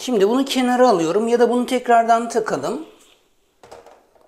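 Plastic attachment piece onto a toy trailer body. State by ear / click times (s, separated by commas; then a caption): not seated / none. Someone talks while getting ready to put a plastic attachment piece back onto the body of a green Bruder Fliegl toy farm trailer. After the talking stops, a few faint handling sounds follow at about 3.6 and 3.7 seconds. Nothing has seated or clicked yet.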